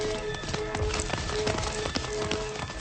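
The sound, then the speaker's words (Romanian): A bay horse's hooves gallop in a quick, steady rhythm of sharp thuds that repeat throughout as its rider urges it on, with a faint sustained tone humming underneath. “Hai, murgule, du-mă ca vântul, mai iute ca vântul.”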